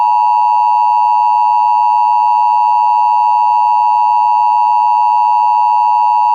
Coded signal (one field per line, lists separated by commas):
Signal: Emergency Alert System (SAME) tones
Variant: 853 and 960 Hz attention tone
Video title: EAS Scenario #3: Hot Planet